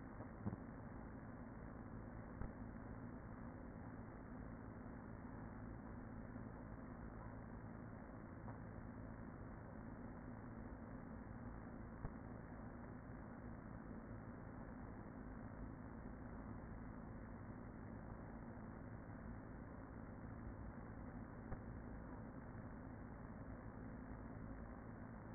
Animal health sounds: honeybee colony, microphone inside the hive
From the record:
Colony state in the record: queen present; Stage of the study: after two queens were removed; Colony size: about 40,000 bees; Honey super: no

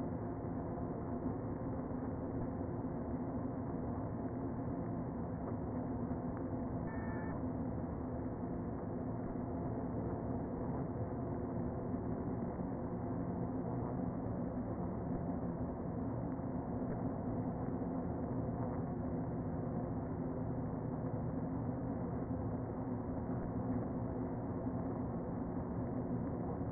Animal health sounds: honeybee colony, microphone inside the hive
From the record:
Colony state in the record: queen present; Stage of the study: before two queens were removed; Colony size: about 60,000 bees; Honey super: yes

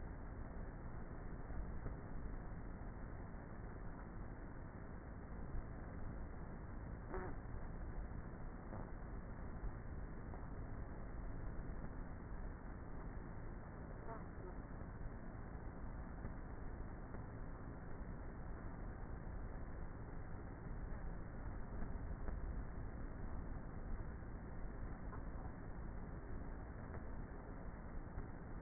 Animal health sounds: honeybee colony, microphone inside the hive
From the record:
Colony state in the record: queenless with a low population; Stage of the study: before two queens were removed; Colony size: about 30,000 bees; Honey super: no

